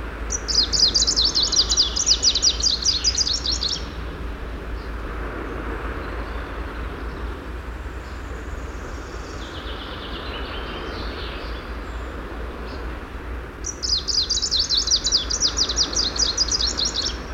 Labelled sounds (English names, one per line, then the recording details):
Greenish Warbler song
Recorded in the wild
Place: Lohme, Insel Rügen, Mecklenburg-Vorpommern, DE
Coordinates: 54.565, 13.615
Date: 1981-06-24 07:01
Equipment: Nagra III BH, Sennheiser MD 21, parabola
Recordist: Schubert, Michael